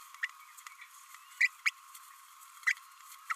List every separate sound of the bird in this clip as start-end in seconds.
1.40-1.48, 1.65-1.70, 3.29-3.33